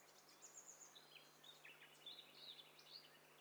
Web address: Hi Fi STEREO BIRD COCKTAIL PARTY Challenge SBCP TESTSET HDBird Cocktail Party